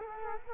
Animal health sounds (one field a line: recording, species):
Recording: mosquito wingbeat signal from an infrared sensor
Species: Culex quinquefasciatus